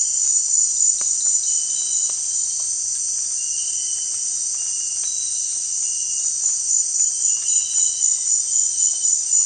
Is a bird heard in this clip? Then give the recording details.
no. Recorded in dense forest near Puerto Asís, Putumayo, Colombia, on 29 June 2025 at 18:00. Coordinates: 0.466, -76.327. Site GP04